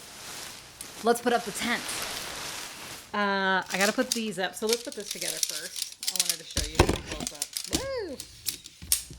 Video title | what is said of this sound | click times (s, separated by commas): Unboxing Big Agnes UL 3 - $500 Tent - Ultralight (2 pounds!) | So, all the things click together, click, click, click, click. You hear that? | 8.5 s, 8.7 s, 8.9 s, 9.1 s